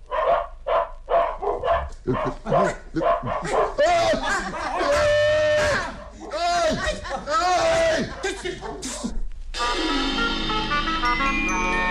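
A pack of spirits in the form of dogs, set loose on people, barks and yips in quick, overlapping bursts. Some calls rise into high whines and howl-like cries before a steady droning tone takes over near the end.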